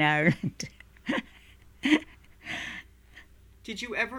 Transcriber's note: she laughs